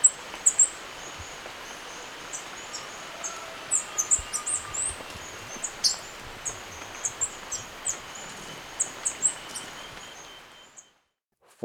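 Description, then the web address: Bird calls: many brief, very high chirps and ticks in an irregular stream over steady hiss, fading into near silence at the end. Ecuador, South America. "Natures Songs S America Birds of Ecuador"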